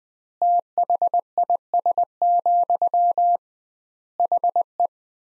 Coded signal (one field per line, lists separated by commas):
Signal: Morse code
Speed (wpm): 21 wpm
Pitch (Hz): 700 Hz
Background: none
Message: THIS, HE